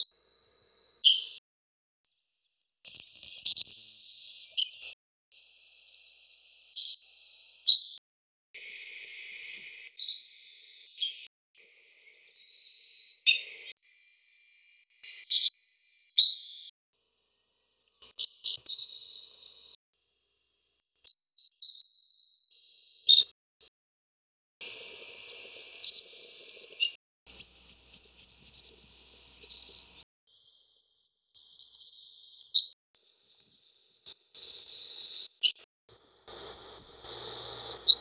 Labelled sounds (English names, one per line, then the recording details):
Savannah Sparrow song
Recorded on Grand Manan, New Brunswick, in 1980